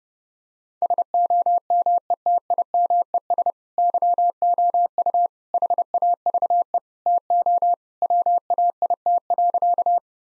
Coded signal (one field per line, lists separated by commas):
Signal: Morse code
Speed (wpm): 30 wpm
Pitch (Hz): 700 Hz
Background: none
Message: SOMETIMES YOU HAVE TO WAIT.